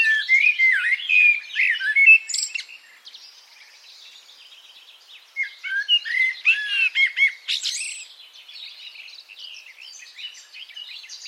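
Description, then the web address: Bird song, loud quick chirps and whistles at the start, a softer twittering stretch, then another lively burst midway before it grows quieter. "cianscape birddata Deverinetal 2025 Bird Only"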